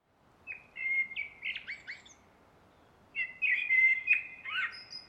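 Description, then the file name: Common blackbird song of two phrases: low whistled, fluty notes run into rapid squeaky twitters, with a quiet gap between the phrases. "Turdus merula"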